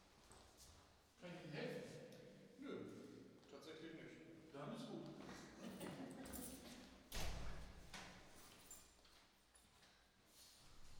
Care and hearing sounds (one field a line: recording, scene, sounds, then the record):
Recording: everyday scene through a hearing-aid microphone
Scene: reverberant space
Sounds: speech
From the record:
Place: staircase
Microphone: in the ear canal, right